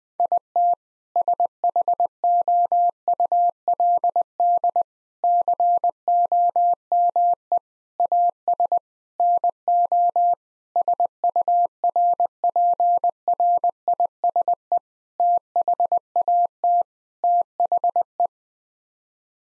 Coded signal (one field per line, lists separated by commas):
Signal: Morse code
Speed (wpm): 20 wpm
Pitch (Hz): 700 Hz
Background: none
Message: IT SHOULD COME AS NO SURPRISE THAT THE